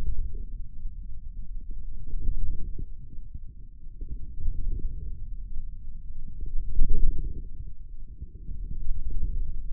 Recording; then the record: forearm muscle sounds (acoustic myography)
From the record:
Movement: wrist flexion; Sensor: system 2, bracelet of six BSWA MPA416 microphones around the upper forearm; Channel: 6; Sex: male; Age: 22 years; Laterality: right